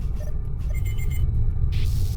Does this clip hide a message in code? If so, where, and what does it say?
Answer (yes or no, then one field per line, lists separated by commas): no